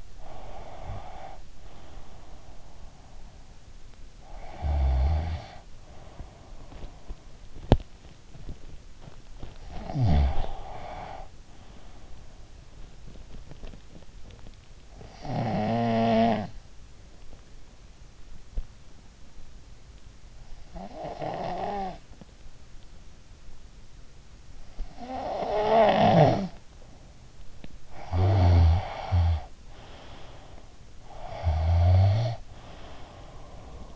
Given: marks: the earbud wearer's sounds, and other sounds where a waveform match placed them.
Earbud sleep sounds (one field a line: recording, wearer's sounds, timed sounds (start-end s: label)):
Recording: sounds in sleep by an in-ear microphone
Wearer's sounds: breath, snoring breath, body movement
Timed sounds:
0.00-2.59 s: breath
3.96-7.06 s: snoring breath
7.39-16.83 s: sound from someone else or the room
8.40-14.72 s: body movement
9.35-11.63 s: snoring breath
14.72-16.83 s: snoring breath
20.40-22.06 s: snoring breath
24.72-26.67 s: snoring breath
27.61-29.78 s: snoring breath
31.05-33.36 s: snoring breath